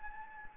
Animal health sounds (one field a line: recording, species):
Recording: mosquito wingbeat signal from an infrared sensor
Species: Anopheles gambiae